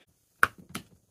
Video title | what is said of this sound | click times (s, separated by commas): Feyachi G-35 Laser Review | and it just pops right into place like that | 0.4 s